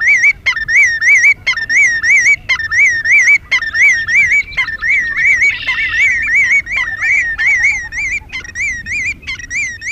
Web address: Shorebirds Willet Sounds B--LNSCourse Cassette